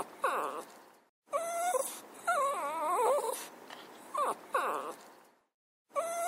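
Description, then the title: Dog whining in high, wavering cries that bend up and down, in short bursts broken by brief silences. A puppy crying. "Sonido de perro llorando"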